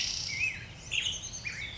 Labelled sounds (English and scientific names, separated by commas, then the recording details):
Black-headed Grosbeak (Pheucticus melanocephalus)
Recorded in Sonoma County, California